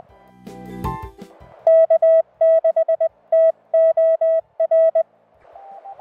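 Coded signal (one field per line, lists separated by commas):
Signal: Morse code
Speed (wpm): 18 wpm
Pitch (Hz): 660 Hz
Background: music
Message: K6TOR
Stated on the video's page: Morse from a combined SOTA/POTA activation on Mt Sizer, W6/NC-101, in Henry Coe State Park.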